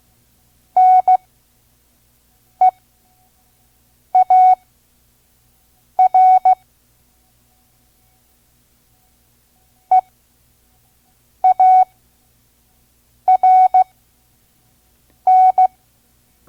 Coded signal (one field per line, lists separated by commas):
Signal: Morse code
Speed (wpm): 16 wpm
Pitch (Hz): 740 Hz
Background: none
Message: NEAR EARN